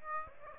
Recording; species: mosquito wingbeat signal from an infrared sensor; Aedes aegypti